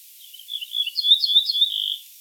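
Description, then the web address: Ortolan bunting giving a short run of repeated notes that grow louder, ending in a rapid trill. "emberiza hortulana call"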